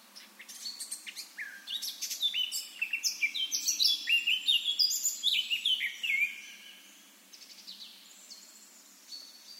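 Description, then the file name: Eurasian blackcap song: a fast, scratchy warble building into louder, clear fluted notes, then quieter twittering toward the end. "Sylvia atricapilla"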